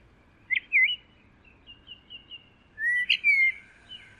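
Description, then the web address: Bird song: short whistled chirps, then a faint run of thin notes, then a louder rising whistle ending in a sweeping slur, over a quiet background. "Deverinetal. Bird Only"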